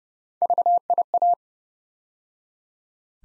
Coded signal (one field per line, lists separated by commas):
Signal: Morse code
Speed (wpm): 30 wpm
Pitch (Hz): 700 Hz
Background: none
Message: VIA